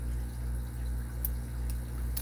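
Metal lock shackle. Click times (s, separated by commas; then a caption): 1.2 s. An ABUS 83AL50 padlock is picked: after its pins are set, the pick is worked at the fourth pin and the shackle pops open with a sharp click at 1.2 s over a steady low hum. Two more short clicks follow at 1.7 s and 2.2 s, and the padlock's shackle is released from the lock body.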